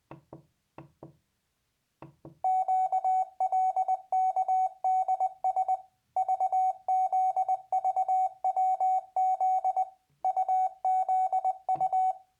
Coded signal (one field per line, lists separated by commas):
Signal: Morse code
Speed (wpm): 20 wpm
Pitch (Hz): 750 Hz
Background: none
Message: QLKDS VZVWZ UZU